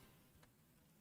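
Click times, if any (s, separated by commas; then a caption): none. A plastic case panel for a Segotep EDI Micro-ATX PC case is handled, with its plastic posts lined up to push into the case sockets. Over a steady low hiss there is one faint, brief tick near 0.4 s. Nothing has seated or clicked into place yet.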